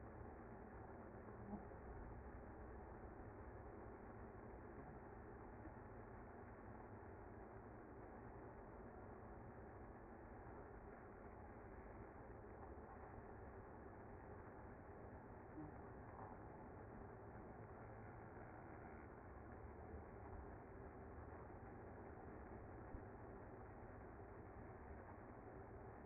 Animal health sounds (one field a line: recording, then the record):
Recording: honeybee colony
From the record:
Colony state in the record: active